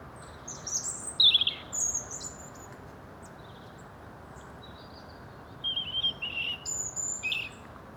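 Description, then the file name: European robin giving two bursts of high, thin, tumbling warbles and sliding whistles, separated by a few seconds of near quiet. "Erithacus rubecula"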